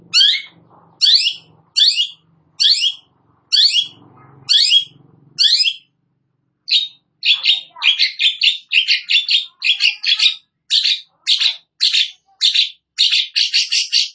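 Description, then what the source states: Long-tailed shrike song: harsh, high scratchy notes well spaced, then a quicker chattering series of similar shrill notes. Cendet described as gacor, meaning singing vigorously.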